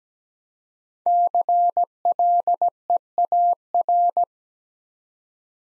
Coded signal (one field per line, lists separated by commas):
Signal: Morse code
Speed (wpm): 17 wpm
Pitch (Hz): 700 Hz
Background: none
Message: CLEAR